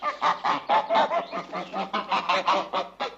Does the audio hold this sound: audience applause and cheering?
no